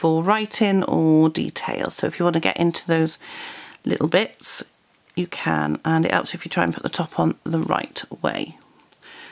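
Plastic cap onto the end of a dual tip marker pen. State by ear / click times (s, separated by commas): seated / 8.9 s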